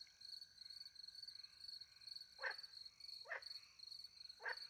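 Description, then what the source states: Frog producing three short rasping croaks about a second apart, with crickets trilling loudly and continuously. Frogs with crickets, countryside by night near a little pond, France; microphones hidden in a tree, two Usi pro mics into a Mixpre 10 II recorder.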